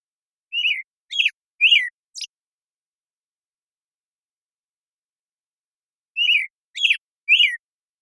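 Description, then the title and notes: American Robin whistling two phrases of three to four clear, falling notes each, separated by a quiet gap of about four seconds. Morning song in a very long sequence, made with a parabolic recorder and processed clean with natural pacing kept; Pacific Northwest, Washington, United States. "American Robin Morning Song. American Robin, Turdus migratorius, morning song, very long sequence, parabolic recording. Recorded in the beautiful Pacific Northwest, Washington, United States"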